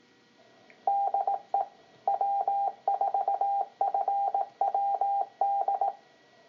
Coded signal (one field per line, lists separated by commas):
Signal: Morse code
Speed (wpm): 18 wpm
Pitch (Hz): 790 Hz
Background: none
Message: DE W4FWD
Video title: West Georgia Amateur Radio Society Weekly Net - 5/29/2017